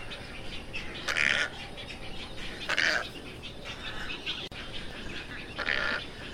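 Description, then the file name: Tricolored heron giving harsh, hoarse squawks, three short bursts spaced a couple of seconds apart over a steady background hiss. Call (canto). "canto da garca tricolor"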